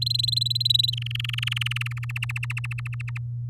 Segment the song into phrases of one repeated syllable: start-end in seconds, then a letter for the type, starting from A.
0.02-0.90 A, 0.93-2.05 B, 2.09-3.18 C